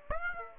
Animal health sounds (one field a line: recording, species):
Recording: mosquito wingbeat signal from an infrared sensor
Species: Aedes aegypti